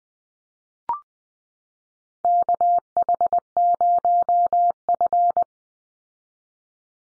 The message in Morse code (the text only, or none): KH0F